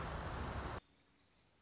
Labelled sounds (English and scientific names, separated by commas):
American Robin (Turdus migratorius)